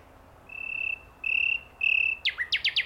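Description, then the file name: Common nightingale song: three long, pure whistled notes at steady pitch, then a fast series of sharp downward-sweeping notes. "Luscinia megarhynchos"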